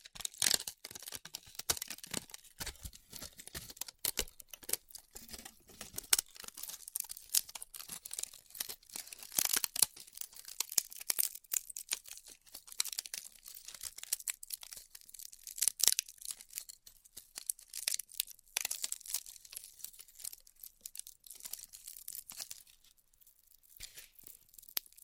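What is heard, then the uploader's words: Styrofoam is cut with a heated tool, giving a dense run of dry crackling, squeaky tearing and crinkling bits. The sharp, bright snaps come irregularly for the whole stretch, busiest in the first ten seconds and thinning slightly toward the end. ASMR Styrofoam Heat Cutting (No Talking).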